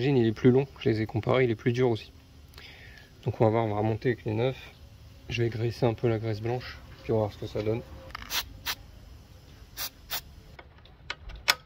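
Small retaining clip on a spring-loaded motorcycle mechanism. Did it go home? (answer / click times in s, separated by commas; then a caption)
yes / 11.5 s. Someone talks while working on a DR 650 motorcycle under restoration, where a new, stiffer spring, replacing a fatigued original, is greased with white grease and refitted in a spring-loaded mechanism. After faint metallic ticks and handling sounds, the small retaining clip is pushed back on and snaps into place with a sharp click at 11.5 s, seating correctly.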